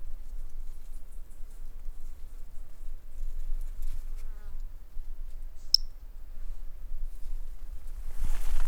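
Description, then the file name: Toadlet call: a single short, high, sharp note midway, with faint low hum and a burst of rustling noise at the end. A single individual, numbered 08, not collected, recorded on 10 March 2016. "Brachycephalus tridactylus individual 08 not collected by MR Bornschein 160310"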